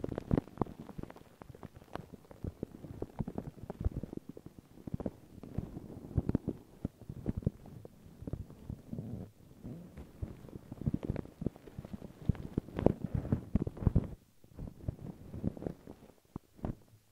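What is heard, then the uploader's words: Crinkling plastic and paper mixed with brushing and light tapping on silicone and glass. Dense, irregular bursts of rustles and soft clicks run almost without pause, with a low rumbling underlayer and a brief quieter gap around fourteen seconds. Sleepy Satisfying Sounds ASMR • NO Talking • Crinkles, Plastic, Brush, Silicone, Glass, Paper.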